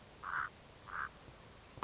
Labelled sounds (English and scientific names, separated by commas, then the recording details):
Common Raven (Corvus corax)
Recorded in Sonoma County, California